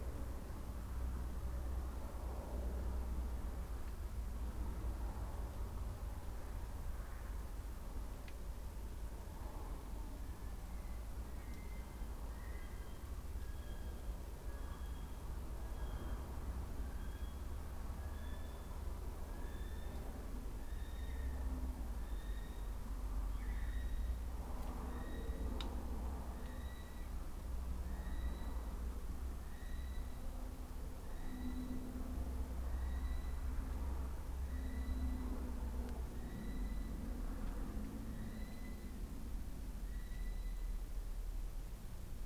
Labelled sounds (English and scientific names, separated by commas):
North Island Brown Kiwi (Apteryx mantelli) male call